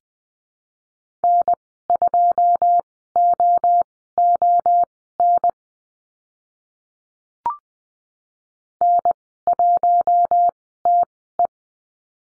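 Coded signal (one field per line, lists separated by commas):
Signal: Morse code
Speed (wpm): 20 wpm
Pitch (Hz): 700 Hz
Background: none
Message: N2OON N1TE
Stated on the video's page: Morse code course lesson drill at Farnsworth spacing, 20 wpm characters at 10 wpm overall, practising numbers and call signs.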